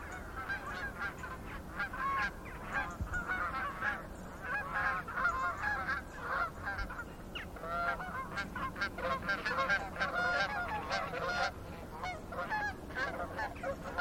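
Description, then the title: Goose: geese in a dense flock giving a constant chorus of overlapping honks, steady in loudness throughout. Geese in gaggles in fields by the River Thame, England, UK, morning of 23 September 2023, excited by floodwater across the meadows. "Gaggles of geese, River Thame, England, UK on 23rd September 2023 – by Paul Ridout"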